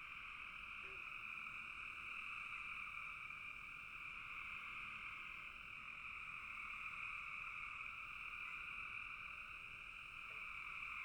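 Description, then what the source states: Frogs calling together in a continuous high trilling chorus, with a few faint lower notes near the start and end. Frogs in a bog.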